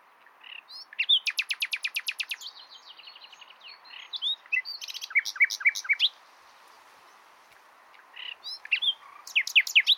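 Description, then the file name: Common nightingale song: a long machine-gun run of identical loud notes, then varied whistles, chirps and trills, a brief lull and more rapid notes. "Luscinia megarhynchos"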